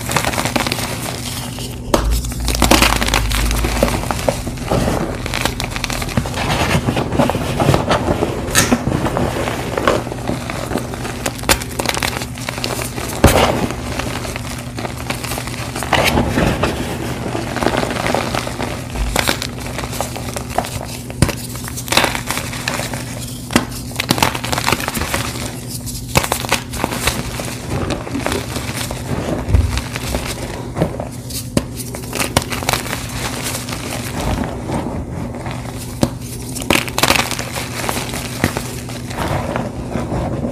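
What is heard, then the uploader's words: Blocks of gym chalk are crushed nonstop, a dense run of gritty crunching and crumbling with sharp crackles popping through the whole 41 seconds. A low steady hum sits underneath, and a few dull thumps land near the start and around 19 and 29 seconds. Fresh & Dyed Blocks Random Gym Chalk Crushing Compilation. Nonstop asmr crushing sounds.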